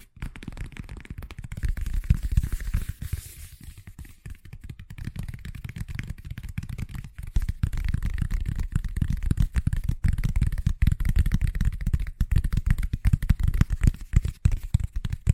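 Fast tapping, a dense stream of quick, irregular taps running through the whole clip with little pause. The hits are mostly dull and low, with a brief lighter stretch around four seconds before the tapping grows fuller and busier toward the end.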